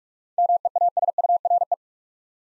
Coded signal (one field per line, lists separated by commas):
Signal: Morse code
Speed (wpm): 46 wpm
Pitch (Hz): 700 Hz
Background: none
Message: MEASURE